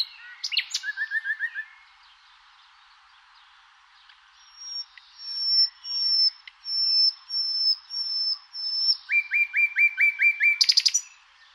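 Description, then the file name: Common nightingale song in varied phrases: a quick rattle, a pause, then a series of high piping whistles. It builds into fast repeated trilled notes and a sharp flourish. "rossignol"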